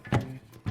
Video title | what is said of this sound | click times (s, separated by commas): TOOL TIP: How To Use The 3M PPS™ System for Spraying Wood Finishes - General Finishes | snaps in place | 0.1 s